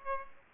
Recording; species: mosquito wingbeat signal from an infrared sensor; Aedes aegypti